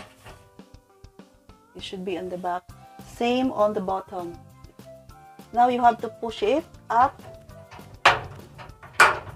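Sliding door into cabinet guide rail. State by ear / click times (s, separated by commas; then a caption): seated / 8.1 s, 9.0 s. A steel sliding door on an IKEA Trotten lockable cabinet is pushed up into its guide rail while someone talks over background music. Two sharp clicks ring out at 8.1 s and 9.0 s as the door seats in the guide.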